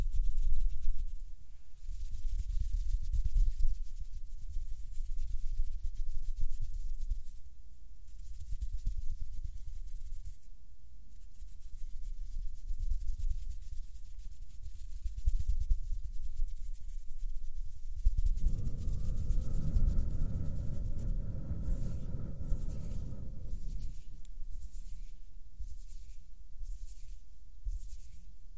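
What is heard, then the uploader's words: Soft hand movements make a low, muffled rubbing that runs steadily, with brief brighter scratchy brushes around 2, 8, 11 and 22–28 seconds. From about 18 to 23 seconds a heavier, humming rub swells, then drops back to gentle friction. HAND SOUNDS + SOFT HAND MOVEMENS.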